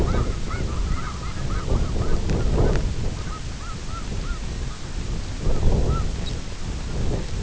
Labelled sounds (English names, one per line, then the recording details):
unidentified sound
White-rumped Sandpiper
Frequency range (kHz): White-rumped Sandpiper 3.6-5.3 kHz
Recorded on Arctic tundra, site IGLO-F, on 24 June 2018
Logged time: 10:00